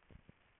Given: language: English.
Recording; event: throat vibration sensor signal played as sound; swallow